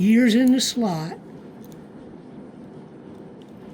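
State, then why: Not seated. Someone talks briefly while the two ears of the ribber bed are lined up and placed into the slot on the main bed of a Superba double bed knitting machine, before it is pressed home. After the talking stops there is a low, steady background with a few faint ticks around 1.6, 1.7 and 3.4 seconds. Nothing has seated or clicked yet.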